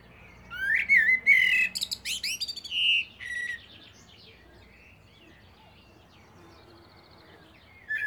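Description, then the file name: Common blackbird giving one song phrase of rich whistled notes mixed with squeaky high twittering, then a quiet stretch with the faint start of another phrase at the end. "Turdus merula"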